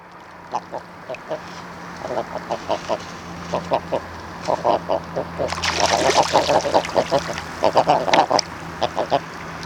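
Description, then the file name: Common eider clucks: short, gruff notes repeated irregularly, rising to a denser burst of harsh calls midway, over a faint low hum. "eider a duvet - somateria mollissima"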